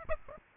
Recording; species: mosquito wingbeat signal from an infrared sensor; Aedes aegypti